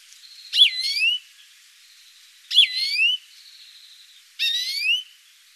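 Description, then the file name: European greenfinch uttering three nasal calls about two seconds apart, with a faint steady whine between them. "Chloris chloris"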